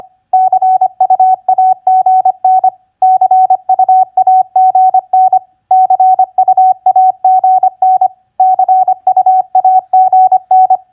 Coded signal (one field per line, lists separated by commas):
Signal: Morse code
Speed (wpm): 25 wpm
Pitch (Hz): 750 Hz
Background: none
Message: CUAGN CUAGN CUAGN CUAGN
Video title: Morse Code Practice QSO Elements Q5d TU-FB-CUAGN 25wpm